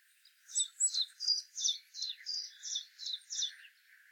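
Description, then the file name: Common chiffchaff singing a brisk run of clear, high alternating chiff-chaff notes, roughly three each second, over a faint background hiss. "zilpzalp"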